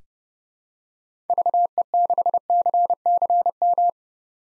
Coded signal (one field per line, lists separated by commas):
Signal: Morse code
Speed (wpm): 31 wpm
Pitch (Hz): 700 Hz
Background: none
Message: VE6CCM